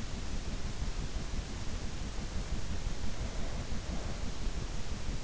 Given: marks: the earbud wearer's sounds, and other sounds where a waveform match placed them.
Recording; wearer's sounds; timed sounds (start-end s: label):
sounds in sleep by an in-ear microphone; breath
2.87-4.33 s: breath